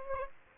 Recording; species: mosquito wingbeat signal from an infrared sensor; Aedes aegypti